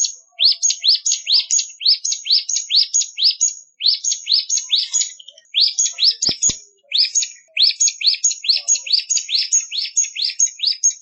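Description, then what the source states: Hill Prinia song: a fast run of sharp, chirpy notes repeated over two times a second, in bursts with short breaks, plus two clicks midway. Song of the mountain type of prinia, called ciblek gunung locally.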